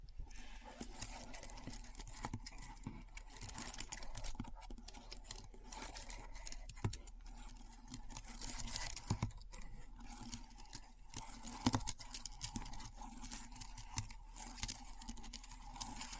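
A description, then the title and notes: Keyboard typing runs throughout, a dense stream of quick, irregular clicks and taps with no real pauses. Sharper, louder key strikes stand out near 7, 9, 11.5 and 12 seconds, over a faint, steady low hum underneath. ASMR Keyboard Sounds (No Talking).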